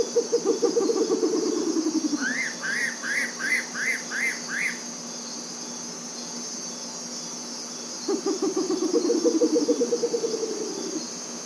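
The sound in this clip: Bare-legged owl giving low rapid trills that drop slightly at the end, twice, with six higher arched whistled notes between them and constant insect buzz.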